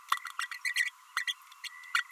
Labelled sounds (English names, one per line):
Green-rumped Parrotlet babbling